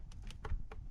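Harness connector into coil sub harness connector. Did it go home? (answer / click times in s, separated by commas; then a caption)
no / none. The plastic connector of an ignition add-on wiring harness is handled as it is brought to the coil sub harness connector, making a few short, faint plastic taps around 0.3, 0.5 and 0.7 s over a low background rumble. The clip ends before the connector goes home, so nothing has seated or clicked yet.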